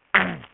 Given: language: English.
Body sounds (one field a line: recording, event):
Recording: throat vibration sensor signal played as sound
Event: throat clearing